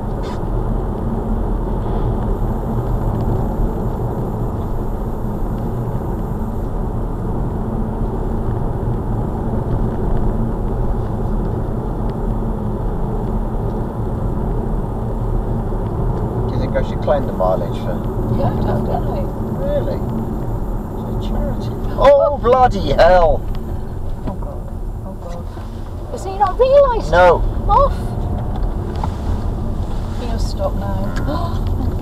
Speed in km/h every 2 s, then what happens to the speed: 63, 63, 61, 60, 61, 61, 61, 61, 61, 56, 50, 29, 18, 24, 32, 34.
0-16 steady at about 61. 16-23 brakes to 18.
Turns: none.